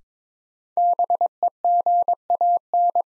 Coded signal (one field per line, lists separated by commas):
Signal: Morse code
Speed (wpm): 21 wpm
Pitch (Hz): 700 Hz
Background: none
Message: BEGAN